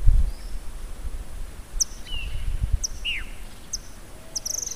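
White-throated kingbird calls: thin, high chips and short down-slurred notes spaced irregularly, ending in a brief rapid twitter, with gusty low wind.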